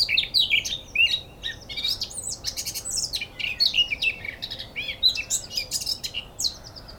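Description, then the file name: Eurasian blackcap song, lively warble of sliding whistled and scratchy notes delivered in quick succession without a break. "Sylvia atricapilla"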